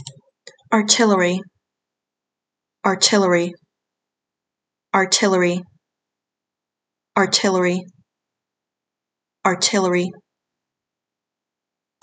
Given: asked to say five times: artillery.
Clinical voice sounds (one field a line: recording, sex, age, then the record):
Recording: repeated word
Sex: female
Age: 20 to 29 years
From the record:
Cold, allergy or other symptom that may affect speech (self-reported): no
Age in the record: 24 years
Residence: Texas, United States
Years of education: 16